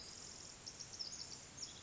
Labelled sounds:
Pacific Wren
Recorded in Sonoma County, California

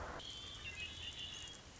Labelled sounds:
Red-winged Blackbird
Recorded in Sonoma County, California

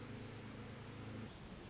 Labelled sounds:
Orange-crowned Warbler
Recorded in Sonoma County, California

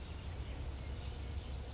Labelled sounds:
California Towhee
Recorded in Sonoma County, California

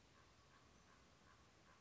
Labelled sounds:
Common Raven
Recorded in Sonoma County, California

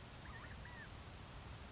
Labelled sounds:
California Quail
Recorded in Sonoma County, California

